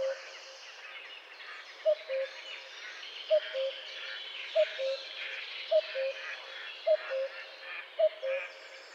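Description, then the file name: Common cuckoo repeating its soft cu-coo, the first note higher, roughly every 1.2 seconds, against a steady, noisy background. "Coucou gris"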